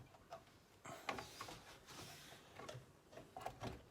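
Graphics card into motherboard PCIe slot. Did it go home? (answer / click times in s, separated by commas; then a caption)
no / none. A graphics card is lowered by hand toward a motherboard PCIe slot, with soft scraping, rustling handling noise and a few sharp light ticks and taps, the loudest near 1.1 seconds. Nothing has seated or clicked into the slot yet.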